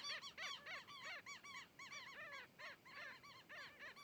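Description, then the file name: Heron calls from several birds, harsh arched notes with rich harmonics, given in quick overlapping bursts of about three per second. Several herons recorded approaching, passing in front of the microphone and moving away. "Garcas se aproximando, passando em frente ao microfone e saindo"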